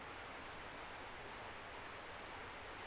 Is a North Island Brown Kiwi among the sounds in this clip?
no